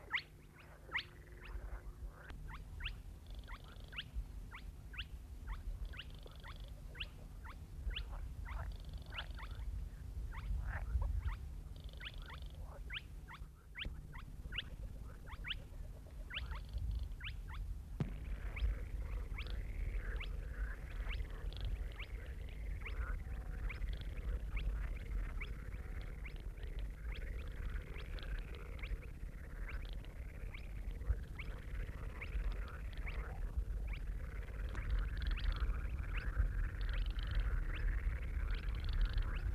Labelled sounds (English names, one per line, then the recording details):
Baillon's Crake song
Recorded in the wild
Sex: male
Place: Steinhuder Meer, Niedersachsen, DE
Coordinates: 52.4734, 9.33772
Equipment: Halbspur, 9,5 cm/s
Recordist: Lütgens, Hans